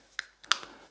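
A plastic cover is pressed back onto a key fob after its battery has been replaced. A small sharp click at 0.2 s is followed by a louder, bright snap at 0.5 s as the cover clicks home, then a faint tick. The cover is seated.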